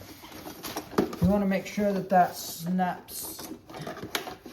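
A tubular support pole section from the frame of a Costco 2026 vampire butler animated Halloween figure is handled and pushed toward the adjoining pole of the figure's stand, with light handling noises while someone talks. Nothing has seated or snapped into place yet.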